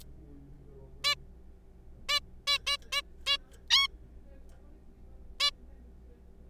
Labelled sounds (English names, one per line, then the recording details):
Zebra Finch
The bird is a juvenile
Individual R3428